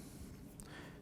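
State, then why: Seated. A shotgun microphone assembly with its extension cable attached is pushed into a boom pole mount and seats with a single sharp snap at 0.6 s over a low background hum. The microphone is confirmed seated in the mount.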